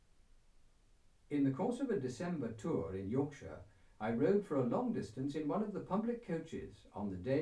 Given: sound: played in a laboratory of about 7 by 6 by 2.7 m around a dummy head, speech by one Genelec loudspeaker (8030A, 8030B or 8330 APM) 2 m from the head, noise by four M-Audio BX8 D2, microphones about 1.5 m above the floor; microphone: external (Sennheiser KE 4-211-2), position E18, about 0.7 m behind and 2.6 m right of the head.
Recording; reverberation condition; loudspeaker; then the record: male speech in English; low; behind (180 degrees)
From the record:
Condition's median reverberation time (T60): about 310 ms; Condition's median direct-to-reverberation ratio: about 3.5 dB